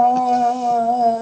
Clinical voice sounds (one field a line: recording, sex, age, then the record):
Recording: sustained vowel /a/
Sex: female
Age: 60 to 69 years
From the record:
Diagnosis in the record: healthy control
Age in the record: 60 years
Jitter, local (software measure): 0.92%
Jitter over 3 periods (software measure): 0.57%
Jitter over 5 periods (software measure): 0.51%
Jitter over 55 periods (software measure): 1.47%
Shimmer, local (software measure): 6.4%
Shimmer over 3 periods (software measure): 3.3%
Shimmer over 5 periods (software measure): 3.5%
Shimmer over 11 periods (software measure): 5.6%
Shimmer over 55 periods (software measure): 18.3%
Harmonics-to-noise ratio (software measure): 11.9 dB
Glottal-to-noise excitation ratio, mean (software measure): 0.89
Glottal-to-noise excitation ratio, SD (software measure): 0.032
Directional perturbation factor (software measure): 79.5%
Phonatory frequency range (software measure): 0.17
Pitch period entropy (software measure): 1.31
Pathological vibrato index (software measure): 0.00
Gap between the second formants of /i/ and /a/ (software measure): 1519 Hz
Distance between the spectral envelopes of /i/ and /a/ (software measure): 7.0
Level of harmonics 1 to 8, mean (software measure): -17.9, -20.2, -6.1, -27.0, -38.5, -43.0, -48.6, -56.8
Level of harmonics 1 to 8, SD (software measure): 3.3, 2.4, 3.7, 4.0, 6.3, 8.2, 5.9, 5.7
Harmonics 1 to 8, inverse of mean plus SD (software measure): 0.047, 0.044, 0.102, 0.032, 0.022, 0.020, 0.018, 0.016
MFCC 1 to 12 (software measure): -0.4, -8.9, -20.6, -5.4, 2.5, -1.1, -7.1, -16.4, -14.9, -0.6, 0.3, 0.2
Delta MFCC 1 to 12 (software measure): -0.035, 0.044, 0.024, -0.056, -0.140, 0.047, 0.059, 0.020, 0.079, 0.005, -0.060, -0.105